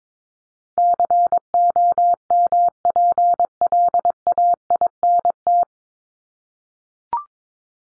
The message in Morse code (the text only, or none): COMPLAINT